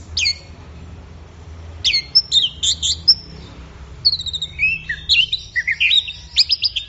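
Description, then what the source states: Orange-headed thrush song: a sharp note, a pause, then tumbling whistled phrases and fast trilled runs becoming denser toward the end. Bird in full, intense song (gacor teler), used for training songbirds; Indonesian name anis merah.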